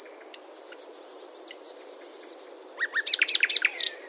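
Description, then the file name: Common nightingale song: a long, thin high whistle held steady, then a burst of loud, rapid, stuttering notes near the end. "Luscinia megarhynchos"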